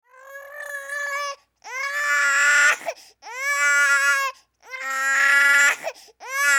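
An infant cries in a series of long wails, each lasting a little over a second, separated by brief gasping pauses, with a fifth wail beginning at the end. The cry is high-pitched, tonal and strong, rising in intensity within each burst.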